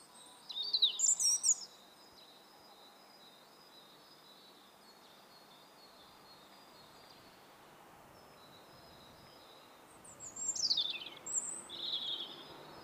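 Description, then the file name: European robin song: two brief high, squeaky warbled phrases separated by a long pause, the second sliding downward. "Erithacus rubecula"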